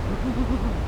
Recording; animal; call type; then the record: contact call of a hoofed animal; goat; low-frequency (closed-mouth) or high-frequency (open-mouth) call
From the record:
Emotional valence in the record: negative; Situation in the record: short social isolation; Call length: 0.88 s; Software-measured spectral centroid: 1530 Hz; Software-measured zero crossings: 730 a second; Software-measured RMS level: -24 dBFS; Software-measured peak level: -12 dBFS